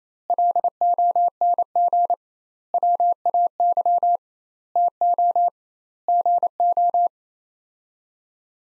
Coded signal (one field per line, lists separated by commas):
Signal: Morse code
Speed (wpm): 28 wpm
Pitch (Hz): 700 Hz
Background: none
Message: LONG WAY TO GO